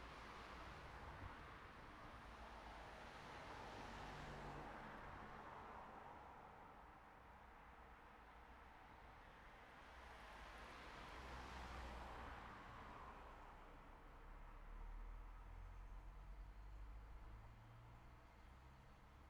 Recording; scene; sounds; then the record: everyday scene through a hearing-aid microphone; in traffic; traffic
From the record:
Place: city secondary road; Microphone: behind the ear, right, rear